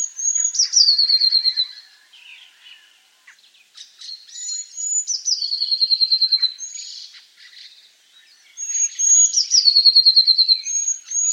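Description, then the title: Eurasian blue tit sings three phrases, each a pair of very high thin notes dropping into a fast rattling trill, separated by quieter twittering. "Eurasian Blue Tit (Cyanistes caeruleus)"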